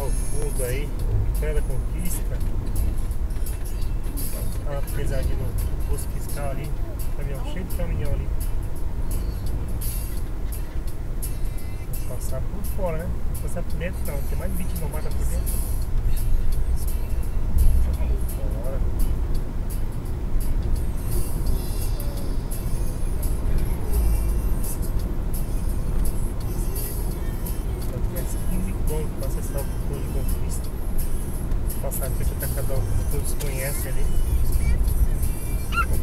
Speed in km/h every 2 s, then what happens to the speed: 83, 83, 83, 84, 84, 85, 87, 89, 90, 91, 92, 94, 93, 92, 90, 88, 85, 82.
0-23 speeds up to 94. 23-36 slows to 82.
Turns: none.